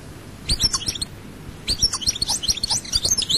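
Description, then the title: European goldfinch song, two bursts of fast liquid twitters and high chirps separated by a short gap. "Chant Chardonneret"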